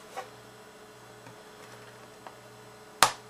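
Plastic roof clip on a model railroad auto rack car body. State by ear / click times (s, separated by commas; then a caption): released / 3.0 s. A finger presses along the plastic roof of a Walthers model railroad auto rack car, working it down until a roof clip lets go. Over a faint steady hum with a few soft ticks, the clip releases with one sharp, bright pop at 3.0 seconds, leaving the roof loose from the car body.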